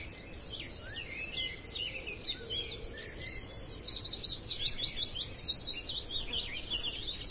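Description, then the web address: Mixed woodland birds in a dawn chorus, high twittering throughout and a rapid run of sharp repeated chirps in the second half, over soft background noise. "dawn chorus woodland atmosphere"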